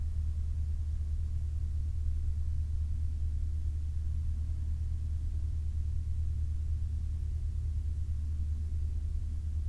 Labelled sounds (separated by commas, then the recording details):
man-made sound
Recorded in the Prudhoe Bay oil fields, Alaska, on 6 September 2019 at 00:49
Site 29